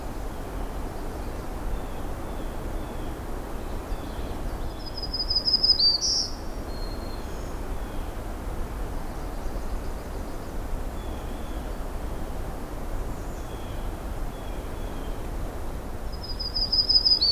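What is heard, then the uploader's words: Birdsong on an early morning hike, with a thin high trill near six seconds and again at the end, plus fainter chirps scattered throughout. A steady low rumble and rustle fill the bottom the whole time, fairly dense and unchanging. A June Morning Hike. It’s my last day at Johnston Harbour for 2022, and I’m doing an early morning hike - despite some overcast weather, the songs are both abundant and diverse.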